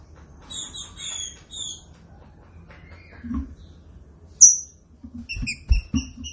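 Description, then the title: Green-winged saltator song, opening run of clear whistled notes, a lone high slurred whistle, then a quick series of short bright notes accompanied by low knocks. Classic song style; training recording. "Canto Clássico Trinca Ferro"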